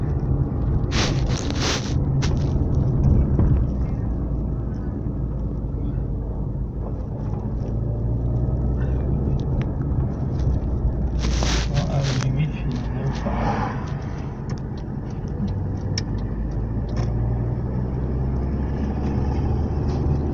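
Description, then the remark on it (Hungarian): Cars pass by on a freshly painted road in a steady, heavy low rumble of engines and tires that hardly lets up, broken by a couple of brief, sharp hissing bursts. “Jönnek az autók.”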